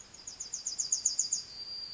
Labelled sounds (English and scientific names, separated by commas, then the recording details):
Yellowhammer (Emberiza citrinella) song
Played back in forest
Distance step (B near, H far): E
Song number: 111